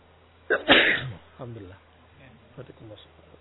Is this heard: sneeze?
yes